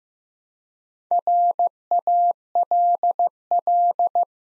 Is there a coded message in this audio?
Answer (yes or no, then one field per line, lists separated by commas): yes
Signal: Morse code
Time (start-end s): 1.1-4.2 s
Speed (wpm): 15 wpm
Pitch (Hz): 700 Hz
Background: none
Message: RALL